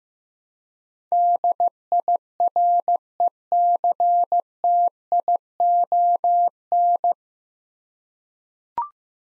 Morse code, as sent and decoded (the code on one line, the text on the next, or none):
-.. .. .-. . -.-. - .. --- -.
DIRECTION